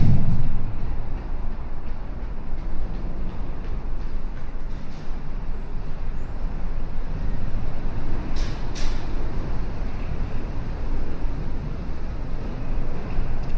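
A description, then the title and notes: A steady low rumble of downtown city traffic fills a morning walk, dense and constant with no clear pauses. Faint brief chirps or squeaks rise high above the hum now and then, and two short bright hisses stand out around the eight- and nine-second marks. River Walk at Sunrise, Binaural City Sounds. Morning walk in Downtown Chicago, Illinois during the morning sunrise. I'm visiting Chicago for a few weeks in Chicago and wanted to record this on a chill morning when the River Walk wouldn't be to overly crowded with people.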